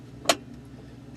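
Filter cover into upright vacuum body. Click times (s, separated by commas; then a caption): 0.3 s. After the filter is put back, the plastic filter cover is popped back onto the body of a Hoover Caddy Vac upright vacuum. A single sharp plastic click sounds at 0.3 s over a low steady background hum. The cover seats and is locked in place.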